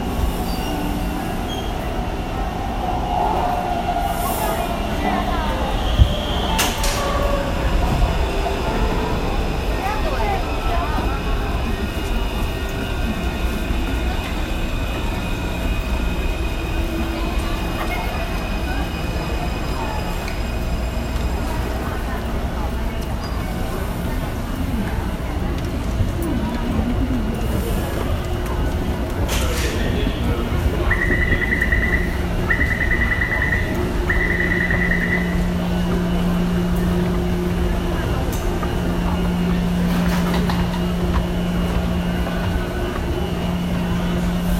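Rush-hour ambience at Zhongxiao Fuxing MRT station, with a steady low rumble of trains and machinery under a dense murmur of voices. A sharp click comes near six seconds, and around 31 to 35 seconds a repeated bright chime sounds in short beeps over a humming tone.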